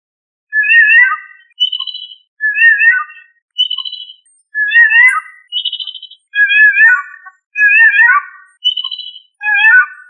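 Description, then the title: Thrush singing clear, fluted whistled phrases, each under a second, alternating with higher trilled notes, repeated in a steady pattern. "Familia Turdidae - Sabia"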